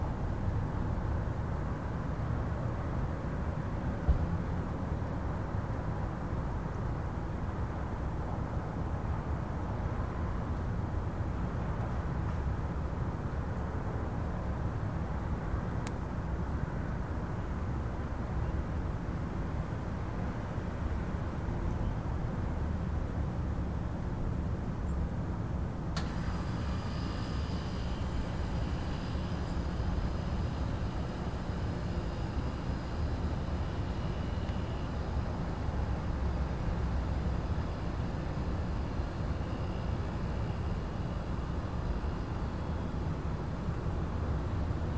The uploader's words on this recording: A recording of the sounds outside of my apartment as I fall asleep in Chicago circa 2004.